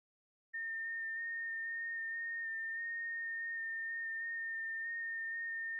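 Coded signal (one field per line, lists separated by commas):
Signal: FT8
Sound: a steady whistle-like tone near 1.8 kHz, wavering very slightly in pitch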